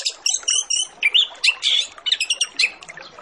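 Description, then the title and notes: Orange-headed Thrush pouring out a continuous, fast medley of high whistles, trills and chirps. Full-fill master song used as a lure to prompt thrushes to sing quickly and openly. "Masteran Anis Kembang Full Isian Untuk Suara Pancingan Anis Kembang Agar Cepat Ngeplong. Suara Burung Anis Kembang"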